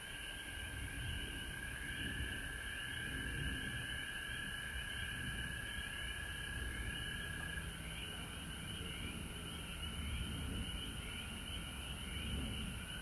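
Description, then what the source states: Frog chorus, a steady high ringing drone with fast pulsed trills layered above it, over rumbling low-pitched background noise throughout. Recorded at home in Georgia on March 19, 2020.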